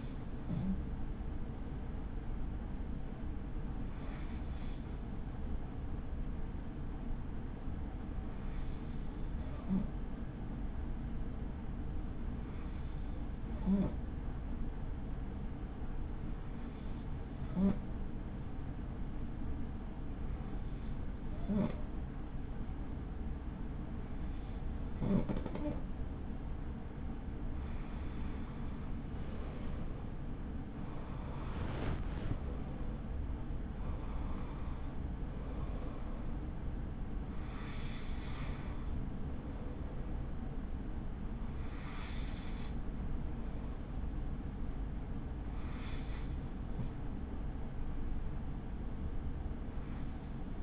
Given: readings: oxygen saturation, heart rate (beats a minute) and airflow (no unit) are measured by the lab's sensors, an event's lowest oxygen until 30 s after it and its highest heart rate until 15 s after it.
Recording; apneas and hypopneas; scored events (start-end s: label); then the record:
breathing in sleep by a smartphone at the bedside; 1
4.00-29.30 s: hypopnea (N2, oxygen 95% highest, then 92% lowest, heart rate 44 at the start, 65 highest)
From the record:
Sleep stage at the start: N2 (light sleep); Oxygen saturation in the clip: 92 to 95%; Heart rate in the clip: 39 to 65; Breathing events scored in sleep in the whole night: 83 in 6.1 hours asleep